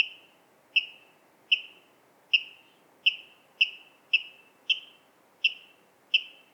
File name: Waterral Rallus aquaticus